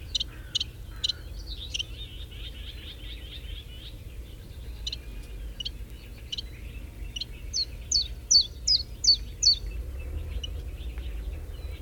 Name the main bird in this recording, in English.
Common Chiffchaff